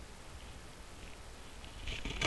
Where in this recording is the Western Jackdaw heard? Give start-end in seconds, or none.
none